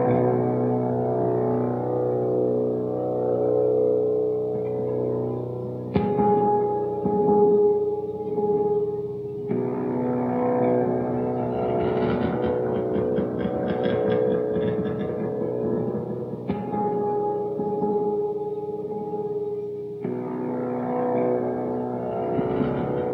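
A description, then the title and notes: Inside a house in Shibuya, Tokyo, a steady low hum drones throughout, layered with several held tones. Abrupt shifts near 6, 9, 16 and 20 seconds bring brighter hissing and rattling texture, and a thin whistling tone comes and goes. Recorded in one shot in the middle of the night in April in a house in Shibuya, Tokyo.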